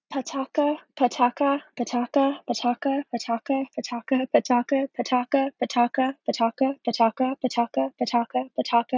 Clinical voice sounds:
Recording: repeated syllables /pa ta ka/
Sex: female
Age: 20 to 29 years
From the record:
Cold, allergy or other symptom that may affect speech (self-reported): no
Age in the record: 24 years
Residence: Washington, United States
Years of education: 16

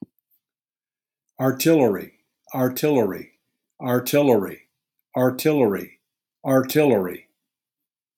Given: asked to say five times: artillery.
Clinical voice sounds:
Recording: repeated word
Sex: male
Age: 60 to 69 years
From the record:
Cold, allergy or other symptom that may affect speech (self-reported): no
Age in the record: 64 years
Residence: Florida, United States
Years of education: 13

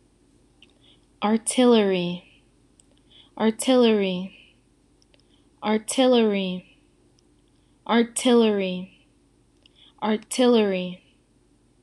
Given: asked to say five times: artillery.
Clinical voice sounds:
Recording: repeated word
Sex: female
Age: 20 to 29 years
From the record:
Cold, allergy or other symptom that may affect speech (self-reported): no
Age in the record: 21 years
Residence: Illinois, United States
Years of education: 16

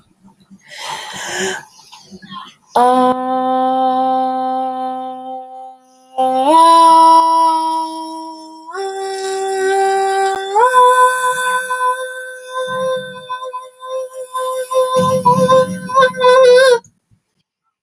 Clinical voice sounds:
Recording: vowel held as long as possible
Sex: female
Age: 40 to 49 years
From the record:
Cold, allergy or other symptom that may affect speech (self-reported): no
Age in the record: 41 years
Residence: Michigan, United States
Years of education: 12

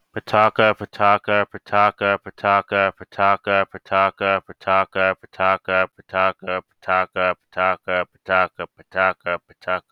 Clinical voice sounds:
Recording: repeated syllables /pa ta ka/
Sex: male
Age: 20 to 29 years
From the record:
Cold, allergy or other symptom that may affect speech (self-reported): no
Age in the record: 27 years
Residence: Florida, United States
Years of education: 16

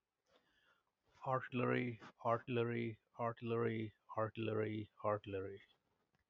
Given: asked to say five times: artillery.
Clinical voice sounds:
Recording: repeated word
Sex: male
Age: 40 to 49 years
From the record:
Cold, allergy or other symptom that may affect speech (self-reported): no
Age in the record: 44 years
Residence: Maryland, United States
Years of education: 16

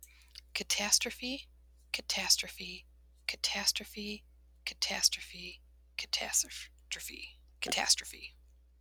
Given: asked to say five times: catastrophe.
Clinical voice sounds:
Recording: repeated word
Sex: female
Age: 30 to 39 years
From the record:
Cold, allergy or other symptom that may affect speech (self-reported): no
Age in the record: 38 years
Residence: Michigan, United States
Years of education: 20

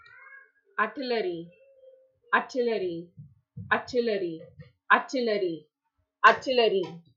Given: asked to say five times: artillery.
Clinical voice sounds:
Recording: repeated word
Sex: female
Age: 30 to 39 years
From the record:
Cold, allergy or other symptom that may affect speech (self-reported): no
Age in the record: 36 years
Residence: New Jersey, United States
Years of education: 16

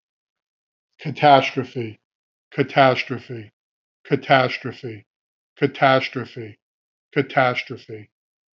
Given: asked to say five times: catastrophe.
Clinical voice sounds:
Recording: repeated word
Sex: male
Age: 50 to 59 years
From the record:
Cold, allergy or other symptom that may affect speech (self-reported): no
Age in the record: 58 years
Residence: Massachusetts, United States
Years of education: 19

